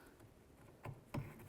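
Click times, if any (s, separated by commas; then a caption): 0.8 s, 1.1 s. The plastic reverse light bulb socket of a 1998-2010 Volkswagen Beetle, with its tabs lined up to the tail light housing, is twisted to the right. Two short ticks sound at about 0.9 s and 1.1 s over a low, steady background. The socket locks into place in the tail light housing.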